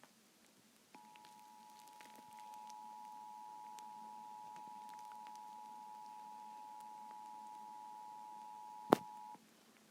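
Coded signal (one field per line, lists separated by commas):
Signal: Emergency Alert System (SAME) tones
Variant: 853 and 960 Hz attention tone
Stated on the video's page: Unrealistic EAS alert sound effect made for free use.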